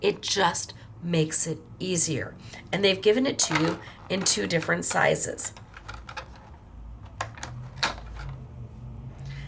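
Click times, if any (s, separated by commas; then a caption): 7.8 s. Someone talks over the first six seconds, then a craft tool attachment is fitted onto its interchangeable handle with a few small taps and handling sounds. It clicks into place with a sharp, loud snap at 7.8 seconds, and the attachment is seated in the handle.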